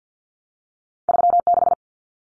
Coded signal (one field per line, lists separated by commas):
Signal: Morse code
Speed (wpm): 50 wpm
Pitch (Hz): 700 Hz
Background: none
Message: 36